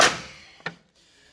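While reassembling the drum brake on an International 9400i truck, a steel brake shoe is worked into position on the brake anchor/spider, after a loud, broad scraping burst at the start fades away. At 0.7 s a single sharp hit rings out as the shoe pops into place, then all goes quiet. The shoe is seated.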